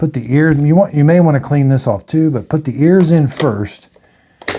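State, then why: Seated. Someone talks while the plastic main roller brush of a Dreame X30 Ultra robot vacuum is set in ears-first and pushed down into its housing on the vacuum's underside. After the talking stops, two sharp clicks sound at 4.4 s and 4.5 s as the brush seats in place.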